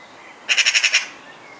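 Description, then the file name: Eurasian magpie call, a short, grating chatter of six rapid harsh notes, then quiet. "Pica pica"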